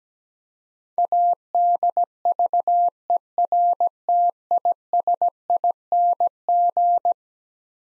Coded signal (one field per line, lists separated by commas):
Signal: Morse code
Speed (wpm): 17 wpm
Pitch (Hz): 700 Hz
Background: none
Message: ADVERTISING